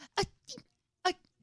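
Three tiny, squeaky, high-pitched bursts in just over a second, each very brief and thin. An adult is imitating another person's mouse-like sneezes, which come three in a row all the time and hardly sound like a real sneeze.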